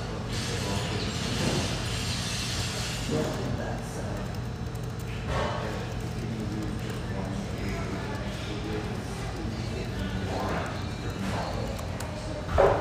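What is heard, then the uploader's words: A busy coffee shop with a steady, dense murmur of overlapping voices over a low hum. Occasional thuds and clatter stand out around four, five and ten seconds, and a sharp knock or clink lands near the very end. Family-oriented, high-ceilinged java joint near Portland's Willamette riverfront.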